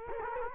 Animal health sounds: mosquito wingbeat signal from an infrared sensor; Culex quinquefasciatus

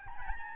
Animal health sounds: mosquito wingbeat signal from an infrared sensor; Aedes albopictus

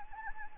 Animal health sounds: mosquito wingbeat signal from an infrared sensor; Anopheles gambiae

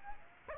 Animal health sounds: mosquito wingbeat signal from an infrared sensor; Aedes aegypti

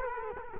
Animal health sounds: mosquito wingbeat signal from an infrared sensor; Culex quinquefasciatus

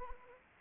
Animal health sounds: mosquito wingbeat signal from an infrared sensor; Anopheles arabiensis

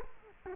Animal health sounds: mosquito wingbeat signal from an infrared sensor; Culex quinquefasciatus

